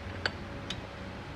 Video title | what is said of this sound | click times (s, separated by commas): Battery not charging Yamaha jet ski 1800 cc | Ayun, nakalock na siya. | 0.3 s